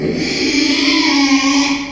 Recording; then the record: squeal of a Yucatan mini pig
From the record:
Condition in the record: after surgery on the right vocal fold (resection and tissue-engineered implant); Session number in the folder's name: 2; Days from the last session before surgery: 13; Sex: male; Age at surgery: 12 weeks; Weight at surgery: 13 kg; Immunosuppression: cyclosporine, prednisolone